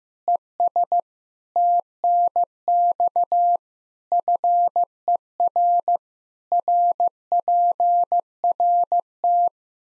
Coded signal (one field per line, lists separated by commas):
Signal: Morse code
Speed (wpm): 15 wpm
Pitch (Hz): 700 Hz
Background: none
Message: ES TNX FER RPRT